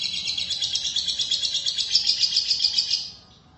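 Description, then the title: Lovebird chattering song, a dense, scratchy, high-pitched twitter lasting about three seconds before stopping. "BM Suara Burung Lovebird"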